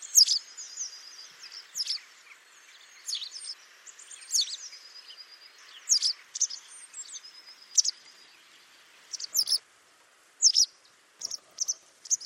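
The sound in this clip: Bird calling, a series of high, thin chirps every second or so, some notes drawn out as level whistles, over quiet background hiss.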